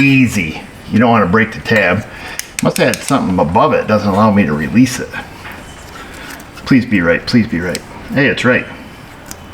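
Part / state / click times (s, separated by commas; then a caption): wheel speed sensor connector lock tab into its plug housing / seated / 9.3 s. During a wheel bearing and hub replacement on a 2021 Ram 2500 6.4 HEMI, a plastic wheel speed sensor electrical connector is pushed back together while someone talks. A single sharp click at 9.3 s marks its lock tab seating into the plug housing, and the tab is engaged.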